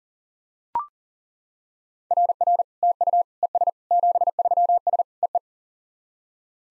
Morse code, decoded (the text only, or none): RR TU ES 73S EE